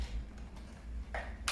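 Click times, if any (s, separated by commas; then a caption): 1.1 s, 1.5 s. While refitting a replacement electronic control board in a Saunier Duval boiler, a plumber pushes plastic wiring connectors onto the board over a low background hum. Two sharp clicks are heard at 1.2 s and 1.5 s as a connector seats into the board.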